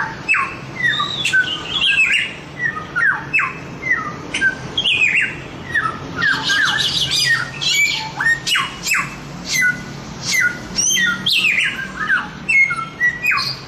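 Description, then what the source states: Chinese grosbeak song with rapid whistled slurs and harsh squawks, forming a continuous chattering medley. Masteran song, used to train other birds to sing; Indonesian name samyong.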